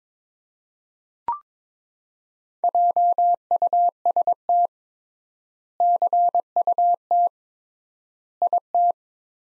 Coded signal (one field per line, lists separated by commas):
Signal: Morse code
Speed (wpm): 21 wpm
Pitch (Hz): 700 Hz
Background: none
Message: JUST CUT IT